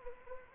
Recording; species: mosquito wingbeat signal from an infrared sensor; Anopheles arabiensis